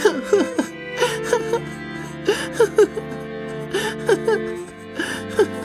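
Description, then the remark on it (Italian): A boy sobbing in a series of short, gasping, whimpering bursts that rise and fall in an uneven rhythm, with a steady low hum underneath and no spoken words. “Peter si sentì colpevole pensando alla sedia a rotelle e scoppiò a piangere.”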